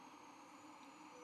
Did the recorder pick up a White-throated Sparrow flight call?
no